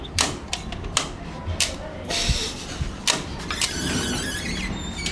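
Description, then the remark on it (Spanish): A door opens with a series of sharp clicks and rattles, then a drawn-out, squeaky creak over a low rumbling background. “Encontró una puerta y quiso saber qué era lo que había ahí.”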